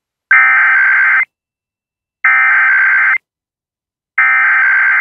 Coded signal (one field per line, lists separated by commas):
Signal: Emergency Alert System (SAME) tones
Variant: header bursts